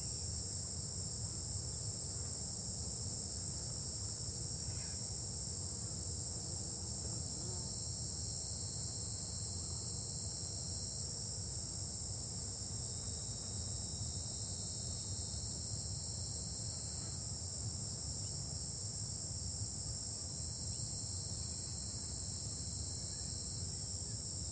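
A forest trail soundscape filled with a steady, dense chorus of insects and crickets, shrill and high, holding constant throughout. Beneath it runs a low, continuous rumble like traffic or wind, and faint chirps come and go in the middle range.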